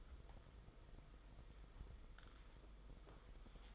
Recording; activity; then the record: daily activity, microphone in the room; wipe stove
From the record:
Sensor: 5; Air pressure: 990.6 hPa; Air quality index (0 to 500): 158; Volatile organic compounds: 228 ppm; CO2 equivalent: 4300 ppm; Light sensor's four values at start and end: 42/120/48/51 and 42/121/48/51